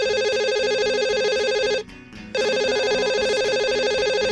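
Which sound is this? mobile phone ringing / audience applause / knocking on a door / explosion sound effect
mobile phone ringing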